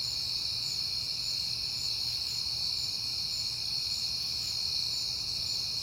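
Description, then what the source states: Crickets call in a thick, even chorus of shrill tones that never break, accompanied by a quiet low rumble. Crickets recorded at night in September on a peaceful night.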